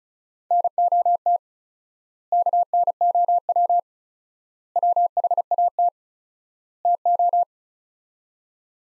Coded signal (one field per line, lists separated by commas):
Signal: Morse code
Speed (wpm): 36 wpm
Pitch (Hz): 700 Hz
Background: none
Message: NOT KNOW WHAT TO